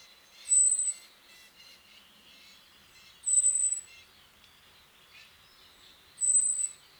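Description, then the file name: Common blackbird calls: three thin, piercing, even-pitched whistles repeated roughly every three seconds, against a busy background of faint bird twittering. "Turdus merula"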